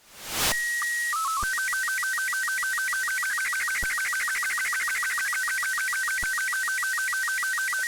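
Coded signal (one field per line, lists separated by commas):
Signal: SSTV (slow-scan television)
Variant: Robot 36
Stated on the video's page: SSTV images received from satellites in space.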